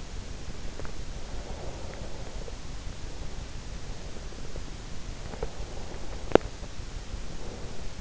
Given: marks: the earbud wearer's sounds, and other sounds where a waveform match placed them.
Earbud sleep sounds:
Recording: sounds in sleep by an in-ear microphone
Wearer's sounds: breath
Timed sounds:
1.05-4.38 s: breath
5.37-8.01 s: breath

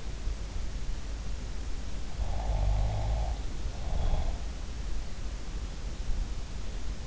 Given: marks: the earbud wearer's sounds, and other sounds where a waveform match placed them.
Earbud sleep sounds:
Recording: sounds in sleep by an in-ear microphone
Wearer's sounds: snoring breath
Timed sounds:
2.20-4.38 s: snoring breath

